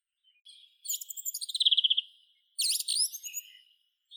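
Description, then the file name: Song thrush song: a rapid, rattling series of sharp notes, followed by a bright, tumbling phrase with a thin, high flourish. "Neizvesten - Drozd pevchij Turdus philomelos (Zvyki com)"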